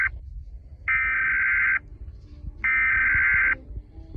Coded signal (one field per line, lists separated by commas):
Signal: Emergency Alert System (SAME) tones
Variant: header bursts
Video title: Eas scenario sonic exe / waring it could be creepy